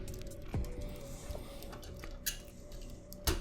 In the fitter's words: There we go. Click that back in place.